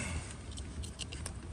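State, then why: Not seated. A plastic wiring harness connector is handled at a new blower motor that has just been locked into its housing on a Chevy Suburban. A steady low rumble runs under light tapping and handling noise, with one sharp short hit at about 1.3 s. The connector has not been plugged in and nothing has seated or clicked yet.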